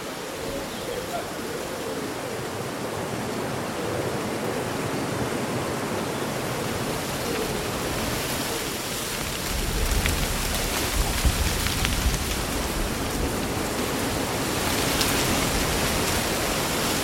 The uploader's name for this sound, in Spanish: Día ventoso de verano, susurro de hojas y canto de pájaros